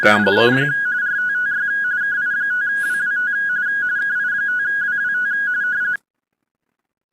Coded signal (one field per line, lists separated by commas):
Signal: RTTY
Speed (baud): 45.45 baud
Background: speech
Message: CQ RTTY KI5WWT KI5WWT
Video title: Weekly RTTY Contest 4-30-2026